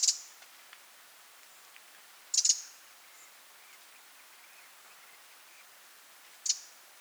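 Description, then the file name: Eurasian wren uttering three short, hard, high-pitched clicking calls spaced a few seconds apart over quiet background hiss. "Troglodytes troglodytes"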